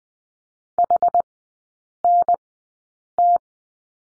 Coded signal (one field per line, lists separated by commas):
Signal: Morse code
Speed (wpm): 20 wpm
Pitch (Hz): 700 Hz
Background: none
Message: HNT